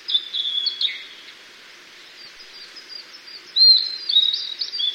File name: ooruri